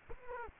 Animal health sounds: mosquito wingbeat signal from an infrared sensor; Culex quinquefasciatus

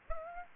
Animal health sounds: mosquito wingbeat signal from an infrared sensor; Aedes aegypti

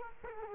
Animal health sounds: mosquito wingbeat signal from an infrared sensor; Culex quinquefasciatus

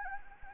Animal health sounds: mosquito wingbeat signal from an infrared sensor; Anopheles gambiae

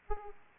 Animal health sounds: mosquito wingbeat signal from an infrared sensor; Aedes aegypti

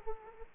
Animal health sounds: mosquito wingbeat signal from an infrared sensor; Aedes aegypti

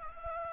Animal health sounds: mosquito wingbeat signal from an infrared sensor; Aedes albopictus

